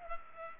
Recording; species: mosquito wingbeat signal from an infrared sensor; Culex pipiens